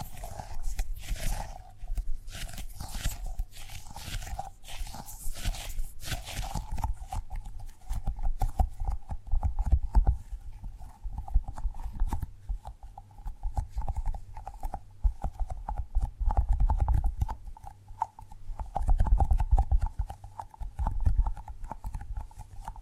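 Tapping and gripping sounds come in a quick, uneven stream of knocks and soft thuds, with crisp, bright clicks clustered in the first seven seconds. A steady mid-pitched hum runs underneath the whole time, and heavier low bumps keep recurring throughout.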